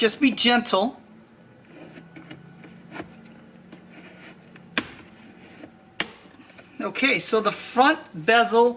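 Someone talks, then quietly works a trim tool under the front part of the plastic dashboard bezel on a 2011–2019 Lexus CT during a radio upgrade. Two sharp pops ring out at 4.8 s and 6.0 s as the remaining bezel retaining clips let go. The front part of the bezel comes free, and someone talks again.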